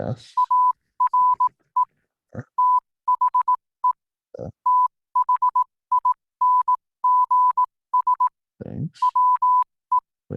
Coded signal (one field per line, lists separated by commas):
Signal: Morse code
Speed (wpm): 18 wpm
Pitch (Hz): 1000 Hz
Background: speech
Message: ARE THE THINGS WE